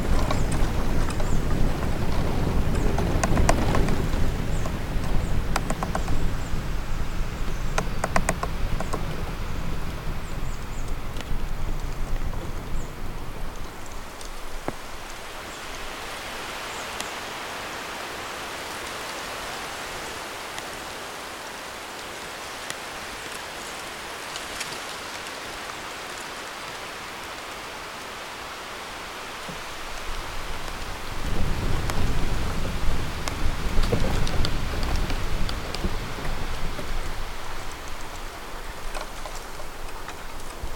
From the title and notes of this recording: BAMBOO FOREST • Delicate Sounds of Bamboo Swaying to The Wind.